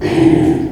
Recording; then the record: squeal of a Yucatan mini pig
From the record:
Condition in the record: before surgery on the right vocal fold (resection and tissue-engineered implant); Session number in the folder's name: 1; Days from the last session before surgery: -21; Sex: female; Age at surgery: 19 weeks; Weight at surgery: 25 kg